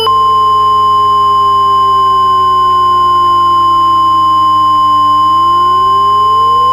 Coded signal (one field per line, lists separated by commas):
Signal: Emergency Alert System (SAME) tones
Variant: 1050 Hz attention tone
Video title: [EAS Scenario] - Nashville's Plummeting